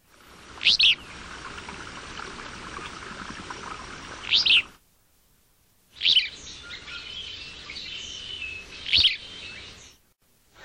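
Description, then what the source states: Willow Flycatcher calls: short high notes, two in a first segment and two more after a brief silence, the two in each segment about three to four seconds apart, over low background noise. Wheel calls, heard most often near a nest, meaning unknown; two recordings, first from Dolores, Colorado, second from the Verde Valley.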